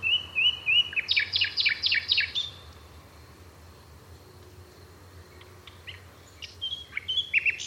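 Bird song: opening whistled notes lead into a fast burst of high chirps. After a pause, scattered sharp notes follow. A low hum runs throughout.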